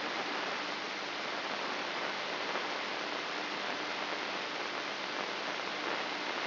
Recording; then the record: brain microelectrode recording played as sound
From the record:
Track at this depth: outside the subthalamic nucleus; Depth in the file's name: 2.536 mm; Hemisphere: left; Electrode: 3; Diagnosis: Parkinson's disease